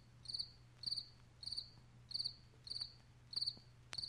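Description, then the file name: Cricket chirping, short high pulsed chirps repeated roughly every 0.6 seconds, with a steady low hum underneath. "nesekomoe sverchok"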